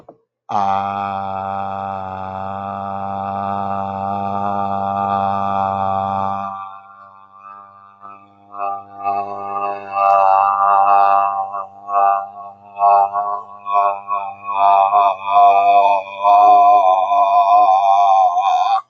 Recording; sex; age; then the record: vowel held as long as possible; male; 40 to 49 years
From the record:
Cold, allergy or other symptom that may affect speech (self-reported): no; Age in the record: 40 years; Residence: Louisiana, United States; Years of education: 14